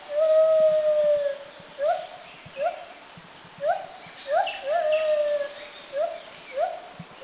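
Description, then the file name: White-handed gibbon calling: a long, steady hooting note, then short rising whoops repeated roughly every half to one second, with faint higher chirps above. Southern Thailand. "White-handed Gibbon"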